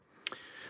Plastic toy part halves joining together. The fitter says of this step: so I just spun it around until it locked into place